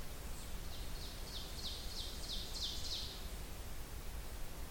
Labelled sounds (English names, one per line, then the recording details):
Ovenbird song
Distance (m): 45 m
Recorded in boreal forest in Alberta, Canada, on 30 June 2016 at 08:27
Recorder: SongMeter 3, array SBT-6-79
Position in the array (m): 185 m, 31 m
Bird 39